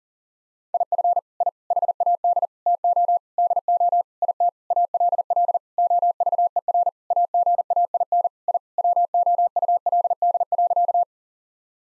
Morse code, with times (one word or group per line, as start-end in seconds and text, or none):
0.7-1.2 IF
1.4-1.5 I
1.7-2.5 HAD
2.7-3.2 TO
3.4-4.0 DO
4.2-4.5 IT
4.7-5.6 ALL
5.8-6.9 OVER
7.1-8.3 AGAIN
8.5-8.6 I
8.8-11.0 WOULD.